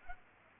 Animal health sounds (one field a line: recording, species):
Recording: mosquito wingbeat signal from an infrared sensor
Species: Culex pipiens